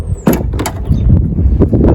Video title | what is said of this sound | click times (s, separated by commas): 1997 Grand Cherokee rear lift gate won't open | And then you can hear that click. So, now it's open. | 0.3 s